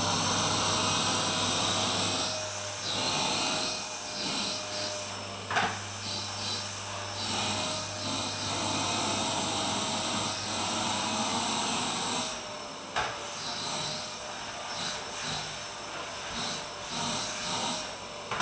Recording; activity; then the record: daily activity, microphone in the room; vacuum cleaning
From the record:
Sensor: 2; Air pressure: 1009.5 hPa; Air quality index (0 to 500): 187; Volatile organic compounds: 12 ppm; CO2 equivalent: 2325 ppm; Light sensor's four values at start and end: 25/61/26/29 and 25/61/26/29